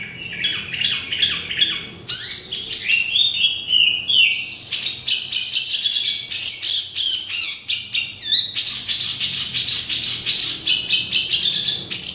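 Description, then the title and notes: Oriental magpie-robin singing a loud, varied string of high whistles, rising and falling slurs and sharp chips, with rapid clicking bursts between phrases; faint low hum beneath. "Kicau Kacer. manukmanukan"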